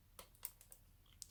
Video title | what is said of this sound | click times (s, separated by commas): Victure Wireless Indoor 1080P IP Camera | you should hear a click and that's it | 1.2 s